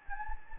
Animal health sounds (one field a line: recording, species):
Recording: mosquito wingbeat signal from an infrared sensor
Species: Anopheles gambiae